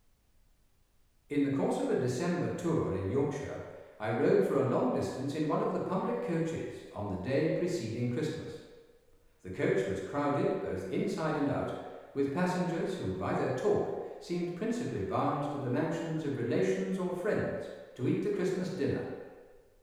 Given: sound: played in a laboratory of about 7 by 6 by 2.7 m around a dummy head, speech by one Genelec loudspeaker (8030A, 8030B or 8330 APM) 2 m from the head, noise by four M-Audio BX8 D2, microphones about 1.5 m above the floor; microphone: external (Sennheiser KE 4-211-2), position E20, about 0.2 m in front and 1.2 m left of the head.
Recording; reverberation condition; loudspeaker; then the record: male speech in English; high; 150 degrees to the left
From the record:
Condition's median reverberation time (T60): about 1300 ms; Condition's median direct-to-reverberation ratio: about -4.0 dB